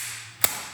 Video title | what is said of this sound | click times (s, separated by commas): The Original JDM Quick Release | it's very simple and it stays like that until you put it back on and it can only click back in | 0.4 s